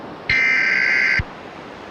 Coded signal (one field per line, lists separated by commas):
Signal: Emergency Alert System (SAME) tones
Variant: header bursts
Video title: EAS Scenario #49: Severe Solar Storm